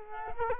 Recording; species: mosquito wingbeat signal from an infrared sensor; Culex quinquefasciatus